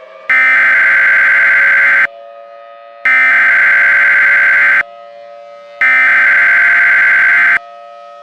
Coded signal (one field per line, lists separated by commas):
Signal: Emergency Alert System (SAME) tones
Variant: header bursts